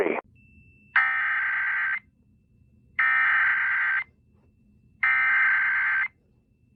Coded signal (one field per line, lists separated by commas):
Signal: Emergency Alert System (SAME) tones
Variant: header bursts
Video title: Floral Fantasia - My submission to the 2023 Spring Fling Project - An EAS Scenario